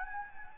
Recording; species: mosquito wingbeat signal from an infrared sensor; Anopheles gambiae